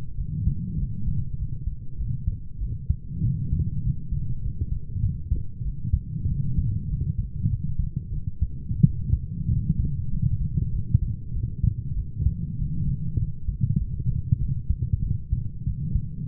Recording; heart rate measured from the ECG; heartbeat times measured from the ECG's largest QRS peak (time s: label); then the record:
heart sounds by stethoscope; 97 bpm
0.17 s: heartbeat
0.78 s: heartbeat
1.37 s: heartbeat
1.97 s: heartbeat
2.60 s: heartbeat
3.23 s: heartbeat
3.83 s: heartbeat
4.42 s: heartbeat
5.01 s: heartbeat
5.63 s: heartbeat
6.28 s: heartbeat
6.89 s: heartbeat
7.49 s: heartbeat
8.11 s: heartbeat
8.82 s: heartbeat
9.49 s: heartbeat
10.11 s: heartbeat
10.71 s: heartbeat
11.33 s: heartbeat
11.95 s: heartbeat
12.58 s: heartbeat
13.18 s: heartbeat
13.78 s: heartbeat
14.39 s: heartbeat
15.02 s: heartbeat
15.65 s: heartbeat
16.25 s: heartbeat
From the record:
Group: healthy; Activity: light exercise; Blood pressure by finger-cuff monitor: 129/74 mmHg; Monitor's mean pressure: 90 mmHg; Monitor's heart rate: 97 bpm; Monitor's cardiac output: 8 L/min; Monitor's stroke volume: 83 mL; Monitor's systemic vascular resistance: 820 dyn s/cm5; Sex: female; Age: 22 years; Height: 160 cm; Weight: 63 kg